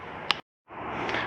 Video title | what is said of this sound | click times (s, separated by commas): Flagstaff 529RLKS Orientation | i wasn't giving that a good enough yank yeah pull until you hear it click like that | 0.3 s